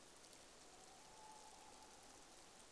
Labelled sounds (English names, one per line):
Tawny Owl